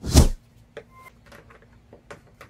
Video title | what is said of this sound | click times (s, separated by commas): 2005-2012 Toyota Avalon Alternator Replacement | pop them out if you want so | 0.8 s, 2.1 s